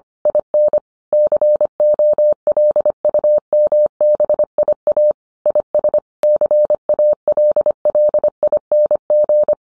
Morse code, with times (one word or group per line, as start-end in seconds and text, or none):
0.3-0.8 IN
1.1-5.1 COLUMBIA
5.5-6.0 IS
6.2-9.5 CALLING